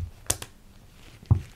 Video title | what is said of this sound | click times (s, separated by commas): KaysCase BookCase 2.0 Case for Blackberry z10 and iPhone 5 | and then i'm going to snap it right in | 0.3 s